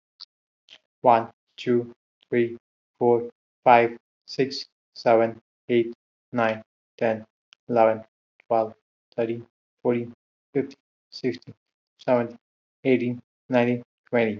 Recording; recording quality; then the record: counting at a normal pace; excellent, no background noise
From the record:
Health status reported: healthy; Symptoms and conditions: diabetes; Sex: male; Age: 38 years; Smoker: not ticked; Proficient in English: yes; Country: India